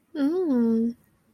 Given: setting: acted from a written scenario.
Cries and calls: vocal sound without words; romantic love

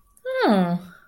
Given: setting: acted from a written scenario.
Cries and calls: vocal sound without words; interest

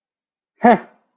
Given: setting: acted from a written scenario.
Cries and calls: vocal sound without words; amusement

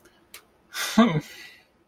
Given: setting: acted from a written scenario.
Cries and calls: vocal sound without words; sadness

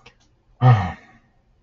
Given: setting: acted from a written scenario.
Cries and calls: vocal sound without words; fear

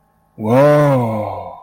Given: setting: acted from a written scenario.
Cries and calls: vocal sound without words; awe

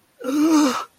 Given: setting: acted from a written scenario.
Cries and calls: vocal sound without words; pain

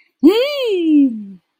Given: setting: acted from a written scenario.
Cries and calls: vocal sound without words; elation

